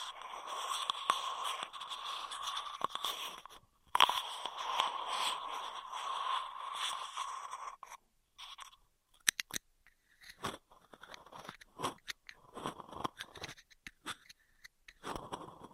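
Straw triggers: dense crinkly crunching and scraping fills the first eight seconds, with a short break near four seconds. After that the sound turns sparse, with sharp clicks and snaps around nine and ten seconds, then irregular bursts of crackling rustle until the end.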